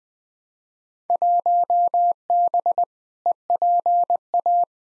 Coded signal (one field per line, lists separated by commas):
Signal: Morse code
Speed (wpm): 20 wpm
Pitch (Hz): 700 Hz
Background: none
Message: 1B EPA